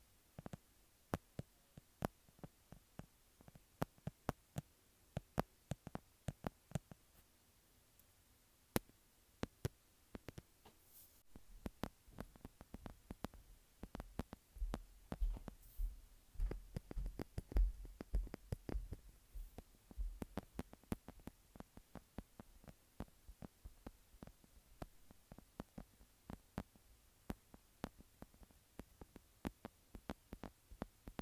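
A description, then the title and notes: Fingertips tap and scratch on a textured phone case, producing sharp, irregular clicks scattered through the whole clip. From about 11 to 20 seconds the activity thickens into denser scratching with a low rumble underneath, then returns to sparser, crisp taps. Tapping and Scratching Textured Phone Case.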